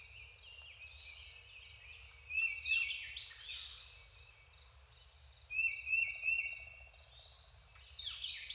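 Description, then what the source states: Songbirds sing a high rising whistled trill, clipped high notes and a lower warbled phrase, with a faint rapid ticking series partway through. Deciduous forest, daytime.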